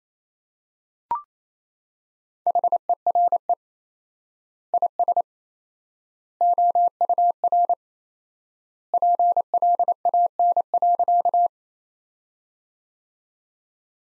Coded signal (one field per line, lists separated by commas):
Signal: Morse code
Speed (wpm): 28 wpm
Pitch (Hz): 700 Hz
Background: none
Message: HERE IS OUR PLAN.